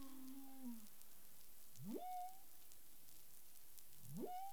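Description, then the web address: Humpback whale song units: a low flat moan, then two sharp upsweeping whoops rising to a sustained higher tone, over steady hiss and faint crackle. Recorded 13 February 2021 at 10:05 UTC. "humpback whale 20210213"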